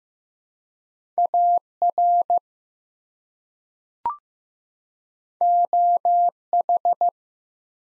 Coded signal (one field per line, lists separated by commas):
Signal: Morse code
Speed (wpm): 15 wpm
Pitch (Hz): 700 Hz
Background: none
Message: AR OH